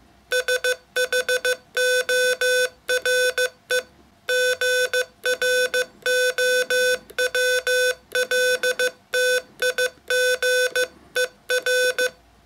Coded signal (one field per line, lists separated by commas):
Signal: Morse code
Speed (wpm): 15 wpm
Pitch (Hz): 500 Hz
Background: none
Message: SHORE GROWLTIGER